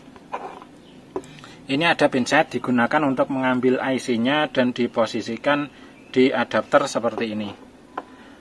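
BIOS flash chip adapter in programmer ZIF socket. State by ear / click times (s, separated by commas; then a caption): seated / 1.2 s. A BIOS flash chip adapter for a Lenovo ThinkPad E460 (board BE460 NM-A551 Rev 1.0, 8 MB, 3 V) sits in a programmer's ZIF socket, and the socket lever is locked down with a sharp click at 1.2 s. Someone talks through most of the clip. The lever locks and the adapter is seated.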